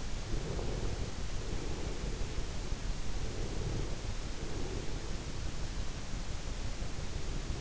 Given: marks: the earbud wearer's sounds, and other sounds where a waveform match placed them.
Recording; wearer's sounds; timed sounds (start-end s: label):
sounds in sleep by an in-ear microphone; breath
0.18-2.37 s: breath
3.32-5.10 s: breath